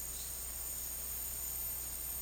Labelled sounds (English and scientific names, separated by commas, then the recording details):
none
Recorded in dense forest near Puerto Asís, Putumayo, Colombia, on 24 March 2025 at 12:30
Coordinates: 0.503, -76.323
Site GP09